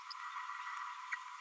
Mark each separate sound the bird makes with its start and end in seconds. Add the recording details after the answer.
1.11-1.16. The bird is a female. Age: 33 days. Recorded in a nest box in Venezuela. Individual 17B32A7